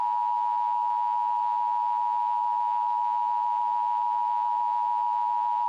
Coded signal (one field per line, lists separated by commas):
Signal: Emergency Alert System (SAME) tones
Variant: 853 and 960 Hz attention tone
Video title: EAS Scenario #5: Hypernado (Halloween Special!)